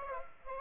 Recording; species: mosquito wingbeat signal from an infrared sensor; Aedes aegypti